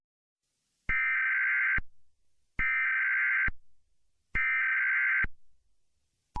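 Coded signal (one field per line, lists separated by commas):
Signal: Emergency Alert System (SAME) tones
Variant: header bursts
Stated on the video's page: Fictional EAS scenario with added effects.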